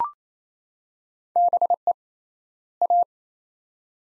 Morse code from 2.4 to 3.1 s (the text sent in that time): A